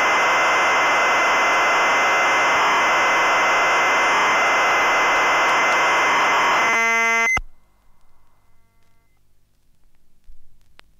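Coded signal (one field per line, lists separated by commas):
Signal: ZX Spectrum tape loading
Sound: harsh, dense data screech for about seven seconds, a brief tonal burst, then silence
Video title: ZX Spectrum Code on 'XL1' by Pete Shelley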